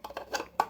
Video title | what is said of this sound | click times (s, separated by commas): Big Greg Build Guide | hook it into the front, and pop into place. | 0.6 s